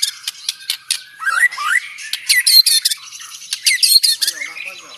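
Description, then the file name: White-rumped shama song, a jumble of sharp clicks, squeaky rising whistles and harsh chatter delivered in quick irregular bursts. Banjar white-rumped shama, rapid-fire close-spaced song style. "Suara tembakan speed rapat Murai batu banjar"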